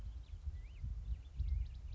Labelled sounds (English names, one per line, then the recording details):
Black-headed Grosbeak
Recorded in Sonoma County, California